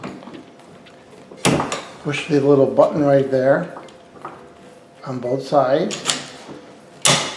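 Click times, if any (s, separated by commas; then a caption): 7.1 s. Someone talks while sliding the wheel assembly into the frame of a Hugo Mobility 700-961 Elite rollator walker with seat, pressing the small release buttons on both sides and then letting go. A strong thump at 7.1 s marks the wheel assembly locking into the frame.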